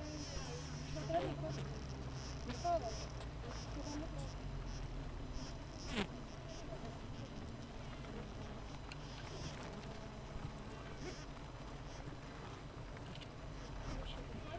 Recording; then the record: honeybee colony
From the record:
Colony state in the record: missing queen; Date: 14 July 2017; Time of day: 7:40